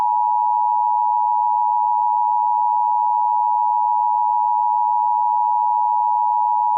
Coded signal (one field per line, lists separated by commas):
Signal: Emergency Alert System (SAME) tones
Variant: 853 and 960 Hz attention tone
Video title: hallelujah, finally the second teaser of the eas scenario 😭🙏